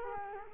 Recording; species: mosquito wingbeat signal from an infrared sensor; Culex quinquefasciatus